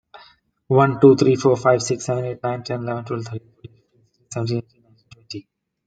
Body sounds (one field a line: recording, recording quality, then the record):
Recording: counting at a fast pace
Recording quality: excellent, no background noise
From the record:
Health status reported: exposed to COVID-19, no respiratory illness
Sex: male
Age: 37 years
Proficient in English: yes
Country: India